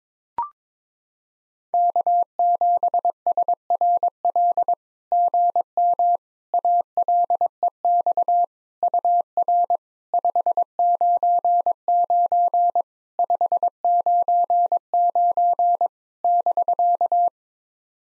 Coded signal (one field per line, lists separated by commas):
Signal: Morse code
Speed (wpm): 22 wpm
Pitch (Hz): 700 Hz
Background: none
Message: K7SRL GM ALEX UR 599 599 <BK>